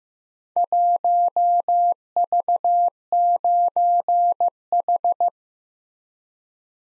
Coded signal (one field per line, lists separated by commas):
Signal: Morse code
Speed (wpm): 15 wpm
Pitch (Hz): 700 Hz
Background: none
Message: 1V9H